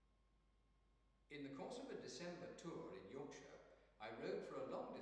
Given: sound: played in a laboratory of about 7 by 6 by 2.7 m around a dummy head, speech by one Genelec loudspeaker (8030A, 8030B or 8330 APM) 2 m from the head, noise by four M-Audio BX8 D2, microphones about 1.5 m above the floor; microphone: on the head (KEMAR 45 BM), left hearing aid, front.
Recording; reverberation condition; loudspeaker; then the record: male speech in English; high; 30 degrees to the left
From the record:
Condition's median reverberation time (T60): about 1300 ms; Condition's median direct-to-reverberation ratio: about -4.0 dB